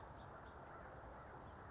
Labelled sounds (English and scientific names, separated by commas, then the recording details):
House Finch (Haemorhous mexicanus)
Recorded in Sonoma County, California